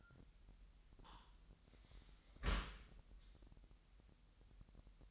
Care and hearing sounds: daily activity, microphone in the room; close dishwasher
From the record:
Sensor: 3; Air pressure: 998.2 hPa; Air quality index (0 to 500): 150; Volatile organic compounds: 5 ppm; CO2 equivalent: 1801 ppm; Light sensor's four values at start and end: 13/38/15/14 and 13/38/15/14

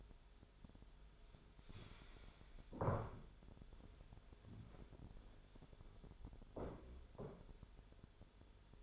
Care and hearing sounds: daily activity, microphone in the room; stand up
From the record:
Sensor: 5

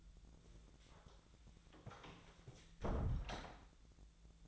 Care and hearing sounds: daily activity, microphone in the room; close door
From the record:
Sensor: 3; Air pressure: 1000.5 hPa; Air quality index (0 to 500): 182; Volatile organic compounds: 4 ppm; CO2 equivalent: 1574 ppm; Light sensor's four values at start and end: 12/29/12/13 and 12/29/12/13

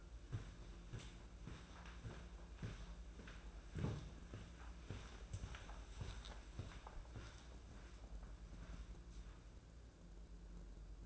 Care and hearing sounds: daily activity, microphone in the room; walk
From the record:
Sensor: 2

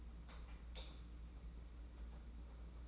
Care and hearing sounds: daily activity, microphone in the room; light on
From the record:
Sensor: 1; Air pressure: 991.9 hPa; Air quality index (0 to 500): 209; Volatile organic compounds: 1000 ppm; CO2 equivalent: 8096 ppm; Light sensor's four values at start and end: 9/22/9/10 and 12/33/13/14

